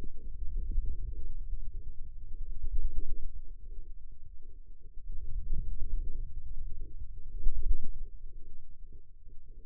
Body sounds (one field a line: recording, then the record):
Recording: forearm muscle sounds (acoustic myography)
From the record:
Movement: wrist extension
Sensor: system 2, bracelet of six BSWA MPA416 microphones around the upper forearm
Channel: 2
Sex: male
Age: 22 years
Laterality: right